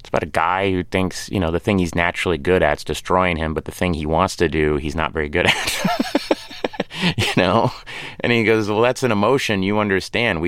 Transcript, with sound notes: It's about a guy who thinks, you know, the thing he's naturally good at's destroying him. But the thing he wants to do, he's not very good at (laughter) You know? And he goes, well, that's an emotion you understand.